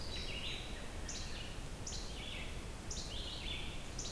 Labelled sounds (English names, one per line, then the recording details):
Red-eyed Vireo song
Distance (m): 30 m
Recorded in boreal forest in Alberta, Canada, on 29 June 2016 at 06:46
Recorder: SongMeter 3, array SBT-6-79
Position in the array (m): 2 m, 123 m